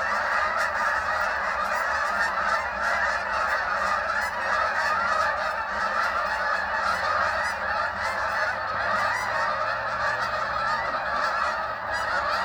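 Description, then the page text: Canada goose chorus of many overlapping honks and clamouring calls, a continuous loud wall of sound. Recorded in Maryland. "Canada Goose by Bill Hubick"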